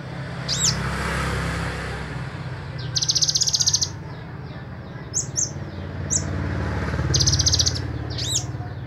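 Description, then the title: Small bird giving high downslurred chirps and dense buzzy trills lasting about a second, interspersed with short notes over a steady low rumble. "Burung Kecil"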